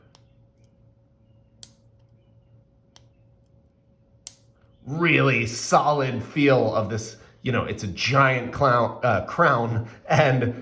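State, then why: Seated. The hinged metal crown protector lever on the case of an Urwerk 110ST wristwatch is worked to operate its large crown, clicking sharply into place at 1.6 s and 4.3 s, with fainter ticks before each click. Someone then talks over the rest of the clip, and the protector is left seated.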